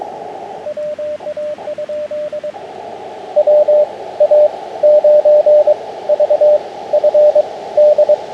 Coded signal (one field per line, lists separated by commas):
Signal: Morse code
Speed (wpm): 22 wpm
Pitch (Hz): 600 Hz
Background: radio noise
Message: WA? WA9VFD